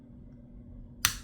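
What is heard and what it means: A small plastic brake wheel is pressed onto the body of an N scale freight car kit. After a quiet, low hum, a single sharp, bright click sounds at 1.0 s as the brake wheel snaps into place and is seated.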